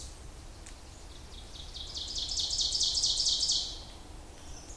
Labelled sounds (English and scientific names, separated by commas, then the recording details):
Ovenbird (Seiurus aurocapilla) song
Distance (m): 25 m
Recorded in boreal forest in Alberta, Canada, on 26 May 2016 at 06:38
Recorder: SongMeter 3, array SBT-3-15
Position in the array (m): 47 m, 227 m
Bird 20